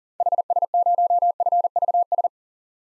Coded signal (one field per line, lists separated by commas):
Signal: Morse code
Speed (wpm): 40 wpm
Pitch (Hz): 700 Hz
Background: none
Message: HS0FVS